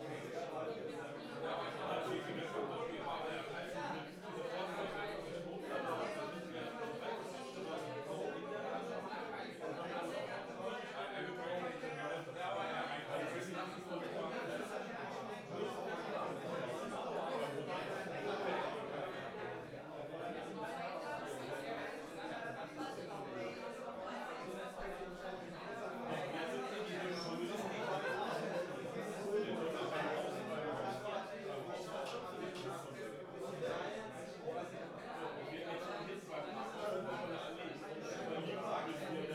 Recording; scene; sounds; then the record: everyday scene through a hearing-aid microphone; many people talking; many voices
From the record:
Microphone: behind the ear, right, rear